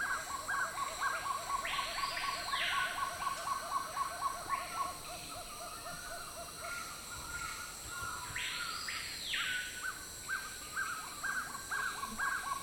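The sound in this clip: Black-tailed trogon calling: a run of short, evenly spaced mid-pitched notes, about two each second, with two loud harsh rasping bursts and steady background hiss.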